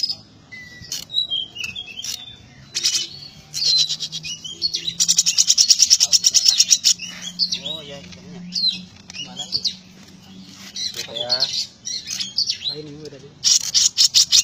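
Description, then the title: Small bird in lively song, mixing bright whistled notes, rapid buzzy trills and quick chattering bursts, pausing briefly between phrases. "Burung Kecil"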